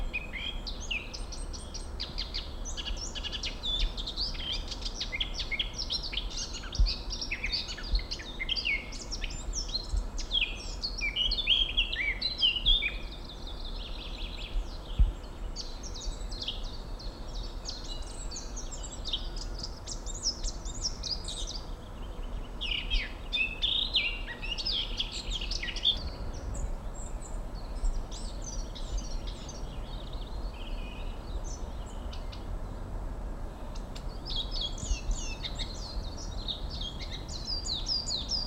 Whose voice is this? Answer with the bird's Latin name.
Sylvia atricapilla